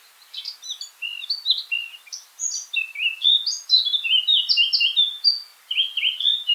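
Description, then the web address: Eurasian blackcap song: a fast, continuous warble of varied high, scratchy and fluty notes running throughout, with brief pauses between bursts. "pub SETE data Sylvia atricapilla"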